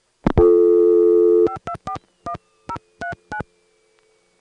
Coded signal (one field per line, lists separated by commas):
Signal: DTMF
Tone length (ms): 90 ms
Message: 5241039